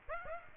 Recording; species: mosquito wingbeat signal from an infrared sensor; Aedes aegypti